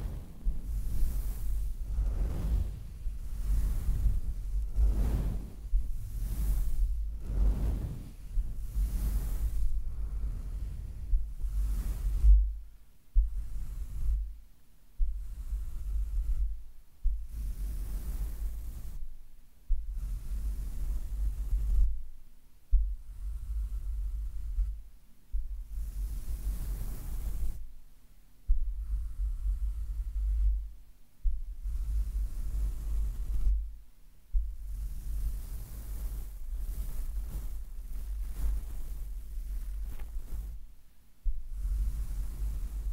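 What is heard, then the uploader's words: A microphone is scratched and brushed in repeated rough, thumping strokes, some quick and dense, others separated by brief silences, over a steady low hum. ASMR Tingly Mic Scratching & Brushing (No Talking).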